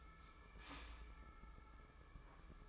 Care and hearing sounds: daily activity, microphone in the room; start toaster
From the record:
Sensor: 1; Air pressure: 995.3 hPa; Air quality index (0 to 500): 25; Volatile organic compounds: 0 ppm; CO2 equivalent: 503 ppm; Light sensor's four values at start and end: 18/58/21/23 and 18/58/21/23

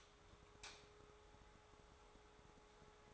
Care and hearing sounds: daily activity, microphone in the room; light off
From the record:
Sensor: 3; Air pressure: 1010.2 hPa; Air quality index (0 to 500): 169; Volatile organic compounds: 10 ppm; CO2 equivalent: 2213 ppm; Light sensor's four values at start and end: 51/130/56/62 and 49/121/53/59

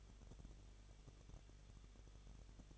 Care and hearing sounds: daily activity, microphone in the room; no activity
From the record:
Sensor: 4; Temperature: 23.0 degrees Celsius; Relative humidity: 34.3%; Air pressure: 1007.3 hPa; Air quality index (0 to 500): 217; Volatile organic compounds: 15 ppm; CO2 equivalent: 2514 ppm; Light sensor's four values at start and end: 2/3/1/1 and 2/3/1/1

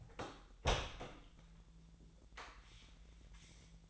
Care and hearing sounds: daily activity, microphone in the room; open door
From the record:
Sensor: 3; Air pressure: 1001.4 hPa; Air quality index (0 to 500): 249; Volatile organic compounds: 159 ppm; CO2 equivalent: 4062 ppm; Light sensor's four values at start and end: 11/27/11/11 and 12/29/12/12

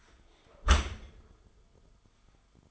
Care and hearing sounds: daily activity, microphone in the room; close dishwasher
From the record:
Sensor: 5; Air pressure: 1004.7 hPa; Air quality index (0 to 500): 95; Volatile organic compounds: 2 ppm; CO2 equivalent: 1147 ppm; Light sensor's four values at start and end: 33/76/31/30 and 33/76/31/30

